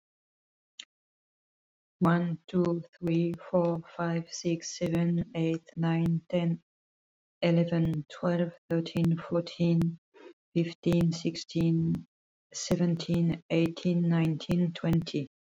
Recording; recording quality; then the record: counting at a normal pace; excellent, no background noise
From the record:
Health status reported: healthy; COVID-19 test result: not tested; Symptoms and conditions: none ticked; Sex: female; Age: 54 years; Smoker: not ticked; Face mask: not worn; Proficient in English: yes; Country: France